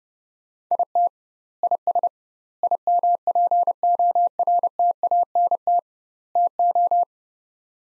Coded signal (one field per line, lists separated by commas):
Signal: Morse code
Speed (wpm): 31 wpm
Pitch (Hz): 700 Hz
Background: none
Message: IT IS IMPORTANT TO